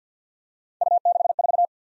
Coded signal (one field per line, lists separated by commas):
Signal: Morse code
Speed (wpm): 53 wpm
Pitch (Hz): 700 Hz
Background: none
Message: U64